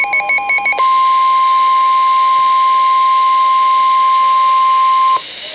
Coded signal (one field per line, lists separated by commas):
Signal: Emergency Alert System (SAME) tones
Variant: 1050 Hz attention tone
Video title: NOAA - Flash Flood Warning (EAS #808)